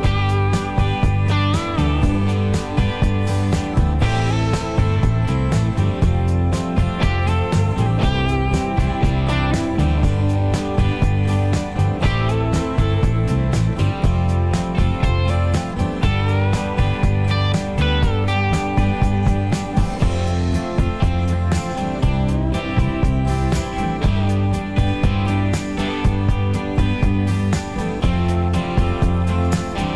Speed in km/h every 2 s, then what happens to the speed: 90, 90, 90, 92, 92, 92, 92, 92, 89, 84, 79, 76, 72, 69, 69.
0-15 steady at about 92. 15-30 slows to 69.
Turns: none.